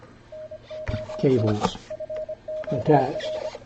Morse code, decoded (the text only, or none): NOT FOR